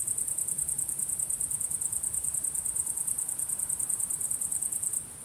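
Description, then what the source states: Crickets give a rapid, high-pitched pulsing trill that stops near the end, with a soft low hum underneath. Recorded at sunset.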